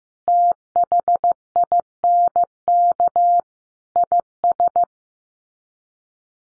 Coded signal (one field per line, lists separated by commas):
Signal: Morse code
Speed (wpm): 15 wpm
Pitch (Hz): 700 Hz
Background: none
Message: THINK IS